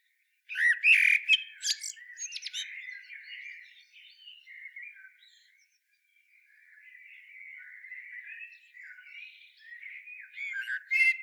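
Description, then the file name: Common blackbird song: a sharp twittering burst at the start, then a long run of quiet, mellow warbled notes, ending with more high twitters. "Turdus merula"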